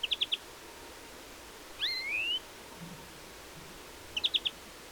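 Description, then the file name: European greenfinch calls: a run of four quick chips, a rising two-part whistled slur, then another burst of chipping twitters. "Chloris chloris"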